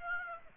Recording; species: mosquito wingbeat signal from an infrared sensor; Aedes aegypti